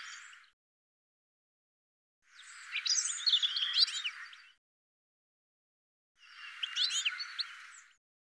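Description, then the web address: Bird calls in three separate bouts of dense, high chirping and twittering, split by quiet gaps of about two seconds. "cianscape birddata"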